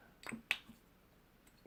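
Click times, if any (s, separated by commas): 0.5 s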